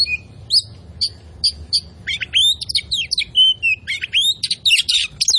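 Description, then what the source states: Oriental magpie-robin singing, starting with a few spaced sharp whistles and then breaking into a dense, varied stream of slurred whistles and chattering notes. Indonesian name kacer poci; described as gacor, meaning singing vigorously and often.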